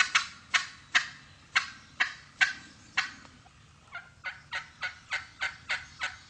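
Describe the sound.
Wild turkey yelps, first a slower run of loud raspy notes, then after a brief lull a faster, softer series of evenly spaced yelps.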